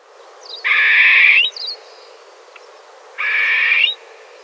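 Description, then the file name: Grey partridge harsh rasping calls: two grating notes, each under a second long, separated by about one and a half seconds of quiet. "Perdiz Moruna"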